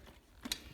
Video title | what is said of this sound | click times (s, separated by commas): Favoto Flow continues | and it locks into place without you having to do anything special | 0.5 s